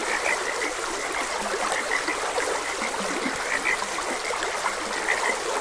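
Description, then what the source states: Frog croaks, short and bright, pop out in quick succession from a chorus, with the steady gurgle of stream water behind them. Frogs croaking beside a gentle stream.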